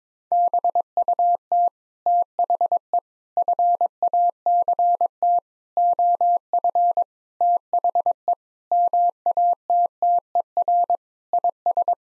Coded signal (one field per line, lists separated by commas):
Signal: Morse code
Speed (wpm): 22 wpm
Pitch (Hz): 700 Hz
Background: none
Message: BUT THE FACT OF THE MATTER IS